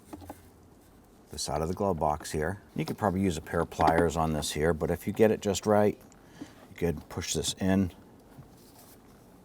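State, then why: Not seated. Someone talks while handling the plastic push pin on the end of a glove box damper cable, lining it up to be pushed by hand into the hole in the side of the glove box, with pliers mentioned as an alternative. Faint small taps come near 0.1 s and 0.3 s. Nothing has seated or clicked yet.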